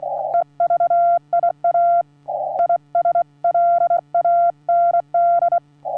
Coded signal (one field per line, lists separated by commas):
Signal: Morse code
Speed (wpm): 24 wpm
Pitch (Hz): 1380 Hz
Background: none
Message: EVIA ISLAND